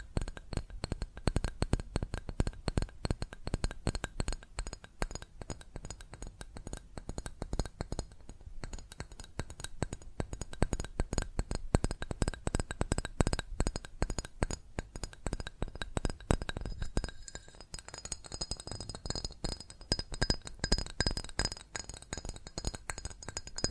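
Fast tapping on glass and ceramic objects runs through the whole clip as a dense, rapid stream of sharp clinks. The taps come almost continuously with little pause, and after about seventeen seconds a brighter, ringing tone joins them near the end.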